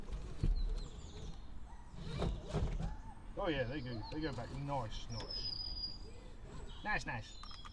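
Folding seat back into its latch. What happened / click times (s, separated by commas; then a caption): The seat back is being moved but has not latched yet / none. During an MOT check on a Nissan Micra K11, the rear seat backs are folded and one is handled back toward its latch, with soft handling thumps while someone talks. Nothing has seated or clicked into the latch yet when the clip ends.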